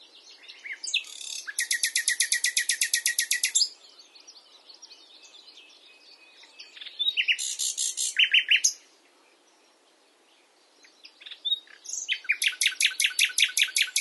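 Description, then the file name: Common nightingale singing in long phrases of fast, evenly repeated pulsing notes, a short varied twittering section, a pause, then another rapid pulsed trill building up. "Luscinia megarhynchos"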